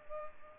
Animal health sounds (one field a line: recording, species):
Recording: mosquito wingbeat signal from an infrared sensor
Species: Culex pipiens